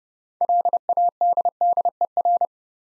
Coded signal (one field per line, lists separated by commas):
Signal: Morse code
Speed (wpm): 30 wpm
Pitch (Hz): 700 Hz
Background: none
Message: LADDER